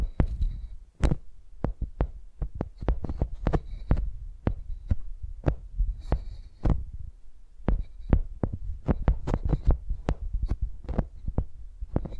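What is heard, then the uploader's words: Microphones are used like pencils, knocking and tapping against a surface in an uneven, fast rhythm for the whole twelve seconds. Each hit is a deep thud with a sharp click on top, and brief scratchy rubbing appears near the start and around six seconds. Using Mics as Pencils (No Talking).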